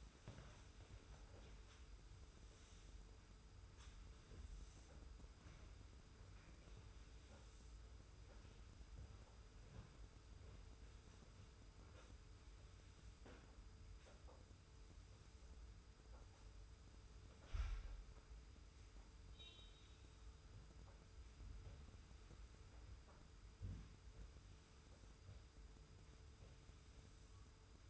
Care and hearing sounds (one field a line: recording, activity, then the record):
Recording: daily activity, microphone in the room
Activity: sweep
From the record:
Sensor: 2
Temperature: 25.1 degrees Celsius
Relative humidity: 42.2%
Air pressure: 991.2 hPa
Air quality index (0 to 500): 147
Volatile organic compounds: 362 ppm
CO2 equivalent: 4605 ppm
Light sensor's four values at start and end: 41/116/46/44 and 42/118/47/45